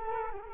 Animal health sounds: mosquito wingbeat signal from an infrared sensor; Culex quinquefasciatus

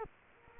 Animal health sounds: mosquito wingbeat signal from an infrared sensor; Culex quinquefasciatus

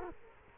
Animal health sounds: mosquito wingbeat signal from an infrared sensor; Culex quinquefasciatus

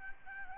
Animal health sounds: mosquito wingbeat signal from an infrared sensor; Aedes albopictus

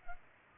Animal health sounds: mosquito wingbeat signal from an infrared sensor; Culex pipiens

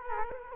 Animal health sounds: mosquito wingbeat signal from an infrared sensor; Culex quinquefasciatus

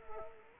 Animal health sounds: mosquito wingbeat signal from an infrared sensor; Culex quinquefasciatus

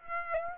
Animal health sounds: mosquito wingbeat signal from an infrared sensor; Aedes aegypti

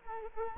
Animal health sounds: mosquito wingbeat signal from an infrared sensor; Culex quinquefasciatus

